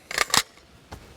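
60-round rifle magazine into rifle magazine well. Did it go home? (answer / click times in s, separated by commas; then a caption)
no / none. A 60-round quad-stack high-capacity magazine is pushed into the magazine well of a Beretta ARX100 rifle, making sharp contact clacks at about 0.2, 0.4 and 0.9 seconds. The magazine does not lock in, and nothing has seated or clicked into place.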